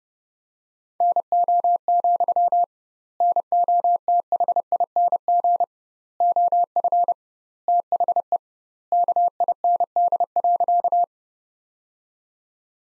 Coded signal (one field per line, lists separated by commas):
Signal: Morse code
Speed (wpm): 32 wpm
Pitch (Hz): 700 Hz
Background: none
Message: NO, NOTHING OF THE KIND.